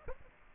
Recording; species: mosquito wingbeat signal from an infrared sensor; Aedes aegypti